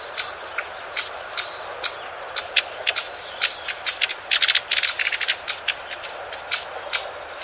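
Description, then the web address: Pale thrush calling with hard clicking ticks that speed into a brief rattling burst midway, then return to spaced single ticks. Recorded in Taiwan. "白腹鶇"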